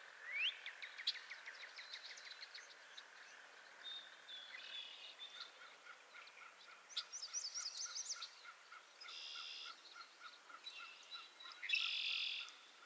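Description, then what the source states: Frogs calling in chorus: rapid pulsed trills running for several seconds, then loud buzzy bursts that come and go, with softer pulsed calls continuing underneath. Chorus of frogs calling to one another on a summer evening at Miners Marsh, Annapolis Valley, Nova Scotia.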